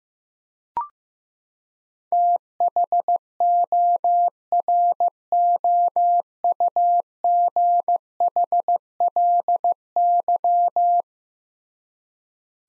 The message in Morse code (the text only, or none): THOROUGHLY